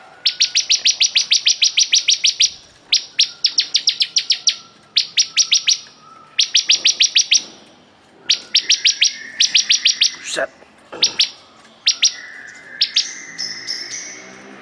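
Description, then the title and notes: Bar-winged prinia song: many short bursts of rapid, sharp high chips with brief gaps, plus some softer twittering near the end. Singing vigorously ('gacor'). "Suara Burung Ciblek Gacor"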